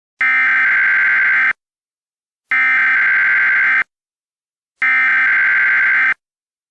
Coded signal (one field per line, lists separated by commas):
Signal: Emergency Alert System (SAME) tones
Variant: header bursts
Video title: EAS Scenario: The Commander